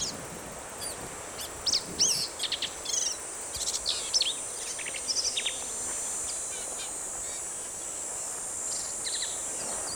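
Black-capped vireo song: busy, warbled high phrases early on, fading to occasional notes while a steady insect drone continues.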